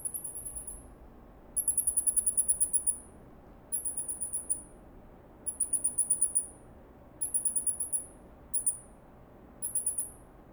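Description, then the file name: Gray mouse lemur giving seven high-pitched pulsed trills separated by short pauses, over faint low background noise. "Microcebus murinus vocalization"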